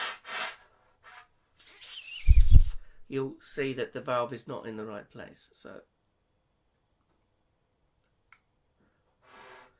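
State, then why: Seated. Someone talks while an oiled trumpet piston valve is put back into its valve casing and twisted until its guide lines up with the slot. A single sharp click is heard at 8.3 s as the valve seats, and it has clicked back into place.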